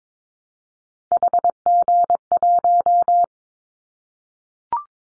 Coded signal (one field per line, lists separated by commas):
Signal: Morse code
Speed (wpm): 22 wpm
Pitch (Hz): 700 Hz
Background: none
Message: HG1